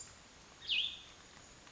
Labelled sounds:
Cassin's Vireo
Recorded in Sonoma County, California

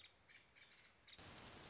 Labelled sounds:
Nuttall's Woodpecker
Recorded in Sonoma County, California

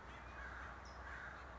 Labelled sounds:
California Towhee
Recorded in Sonoma County, California

